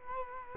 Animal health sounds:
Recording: mosquito wingbeat signal from an infrared sensor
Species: Culex quinquefasciatus

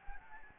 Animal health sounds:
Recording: mosquito wingbeat signal from an infrared sensor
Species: Anopheles gambiae

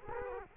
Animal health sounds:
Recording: mosquito wingbeat signal from an infrared sensor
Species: Culex quinquefasciatus

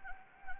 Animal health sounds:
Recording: mosquito wingbeat signal from an infrared sensor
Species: Anopheles gambiae

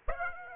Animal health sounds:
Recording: mosquito wingbeat signal from an infrared sensor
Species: Aedes aegypti

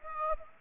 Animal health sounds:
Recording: mosquito wingbeat signal from an infrared sensor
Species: Aedes aegypti

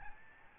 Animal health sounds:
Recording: mosquito wingbeat signal from an infrared sensor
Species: Aedes albopictus

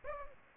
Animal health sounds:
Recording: mosquito wingbeat signal from an infrared sensor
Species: Aedes aegypti

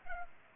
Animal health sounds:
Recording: mosquito wingbeat signal from an infrared sensor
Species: Culex pipiens

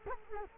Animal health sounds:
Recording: mosquito wingbeat signal from an infrared sensor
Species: Culex quinquefasciatus

